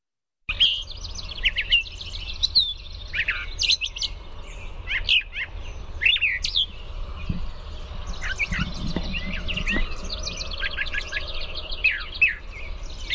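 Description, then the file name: Brown thrasher song starting after a brief silence, then a continuous stream of varied, scratchy and whistled phrases over low hum. "BRTH song"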